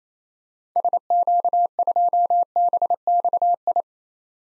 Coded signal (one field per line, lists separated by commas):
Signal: Morse code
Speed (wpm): 28 wpm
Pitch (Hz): 700 Hz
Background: none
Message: SQ2BXI